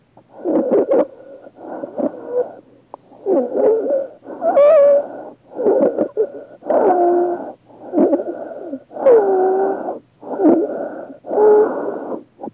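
Harsh, high-pitched, musical noise accompanies each breath of an adult in a fast, somewhat uneven run of about 26 breaths a minute. This is airway stridor, a sign of a narrowed upper airway.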